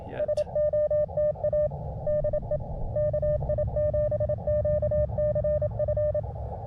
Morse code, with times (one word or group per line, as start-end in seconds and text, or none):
0.2-1.7 SOTA
2.1-2.6 DE
3.0-6.2 KI7QCF